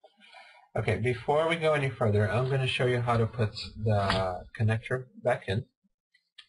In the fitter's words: that's people sometimes have trouble with that when you put it back in make sure you'll feel two clicks that means the connector is properly engaged